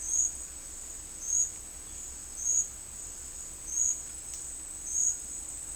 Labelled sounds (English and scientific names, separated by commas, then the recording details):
none
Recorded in dense forest near Puerto Asís, Putumayo, Colombia, on 20 December 2024 at 12:00
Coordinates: 0.485, -76.318
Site GP03